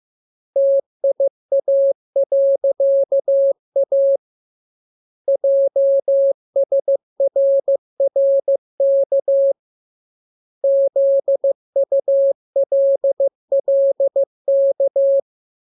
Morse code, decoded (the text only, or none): TIA.A JSRRK ZULLK